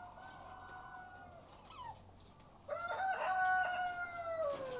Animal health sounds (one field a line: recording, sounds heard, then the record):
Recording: poultry house recording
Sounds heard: sick chickens (respiratory disease)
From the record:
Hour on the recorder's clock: 13